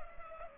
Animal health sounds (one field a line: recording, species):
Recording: mosquito wingbeat signal from an infrared sensor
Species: Culex pipiens